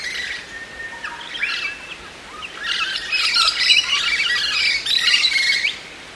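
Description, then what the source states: Musk Lorikeet gives loud, rapid, harsh screeching chatter that builds into a dense continuous stretch. Kings Plain National Park, New South Wales, Australia, on Narrabul Country.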